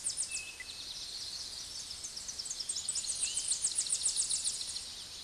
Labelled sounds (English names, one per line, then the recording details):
Tennessee Warbler song
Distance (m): 30 m
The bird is about 10 m above the microphone
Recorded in a Pennsylvania forest on 16 May 2024 at 06:03
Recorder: AudioMoth, point MSD-0665
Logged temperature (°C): 16.1 °C
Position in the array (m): 71 m, 60 m